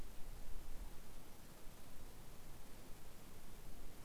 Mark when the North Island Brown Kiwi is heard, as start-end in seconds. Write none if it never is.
none